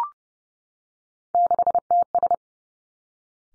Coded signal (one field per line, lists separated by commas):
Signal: Morse code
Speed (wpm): 30 wpm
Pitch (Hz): 700 Hz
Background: none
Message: 6TS